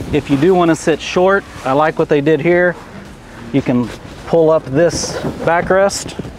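Someone talks while pulling up the flip-up backrest on the bow lounge seat of a 2023 Sea Ray Sundancer 370, raising it toward its locked upright position so the seat faces forward. Only talking and faint background noise are heard. Nothing has seated or clicked yet.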